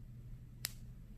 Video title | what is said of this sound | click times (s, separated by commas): How to Change Oticon Wax Guards | and push it straight into the existing wax guard until it snaps or you can't push any further, then pull straight back out. | 0.6 s